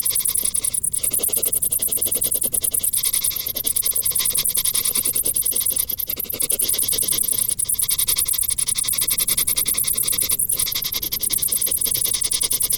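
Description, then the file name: Cricket chirping, quick high pulses running on almost without pause, with a couple of brief interruptions. "Grillen"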